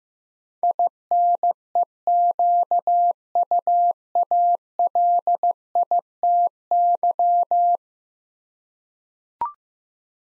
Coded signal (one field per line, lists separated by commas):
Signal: Morse code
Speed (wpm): 15 wpm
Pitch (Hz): 700 Hz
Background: none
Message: INEQUALITY